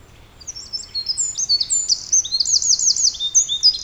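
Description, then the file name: Eurasian wren song: high, shrill whistled notes building into a fast, loud trill, repeated rapidly for over three seconds. "Troglodytes troglodytes"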